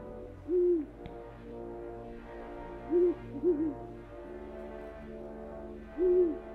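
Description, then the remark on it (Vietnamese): Owls hoot on a cold night under a crescent moon over still water and open fields, the frogs having fallen silent: a few low, soft calls spaced out, one quick double hoot in the middle, over a steady murmuring background hum. “Dưới ánh trăng lưỡi liềm rọi trên mặt nước êm ắng lạ thường, tiếng ếch nhái cũng lặng đi, nhường chỗ cho tiếng những con cú mèo kêu văng vẳng đâu đây.”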